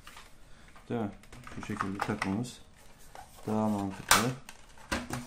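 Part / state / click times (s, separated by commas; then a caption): on/off switch into dishwasher front panel / seated / 4.9 s, 5.1 s. A reassembled on/off switch is pushed into its plastic slot in the front control panel of an Arçelik dishwasher while someone talks. Two short hits are heard at 4.9 s and 5.1 s, and the switch snaps into the panel and is seated.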